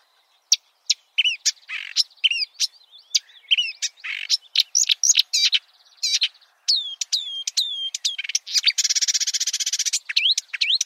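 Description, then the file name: Marsh warbler song, a lively jumble of sharp ticks, downslurred whistles and chattering notes, ending in a rapid buzzy trill. "suara kicauan burung marsh warbler. omkicau"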